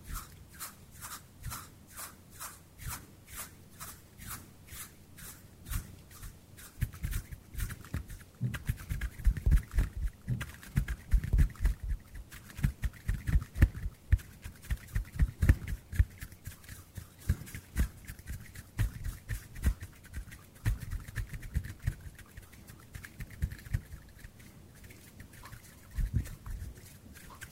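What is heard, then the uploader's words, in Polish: Hand sounds: quick, dry brushing and tapping strokes arrive as a steady run of short ticks for the first eight seconds or so. After that the motions grow denser and irregular, with louder rustling bursts and soft low thumps, over a faint constant hiss. ASMR DŹWIĘKI DŁONI 40 MINUT! 50+ DŹWIĘKÓW.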